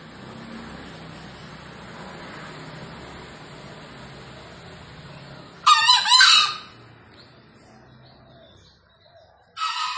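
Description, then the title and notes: Green junglefowl giving a brief harsh crow burst after a stretch of steady background noise, then a second burst starting at the very end. Wild green junglefowl released and calling actively from atop a tree; recording used as a lure for junglefowl. "Panggilan Ayam Hutan Liar. Keren Sekali Ayam Hutan Hijau Dilepas Bebas n Bunyi Gacor Diatas Pohon. Pemikat Ayam Hutan"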